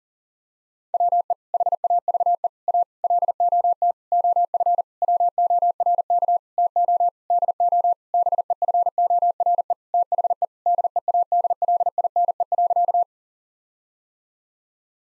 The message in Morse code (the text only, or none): WE HAVE A LOT OF WORK TO DO BEFORE THE DEADLINE.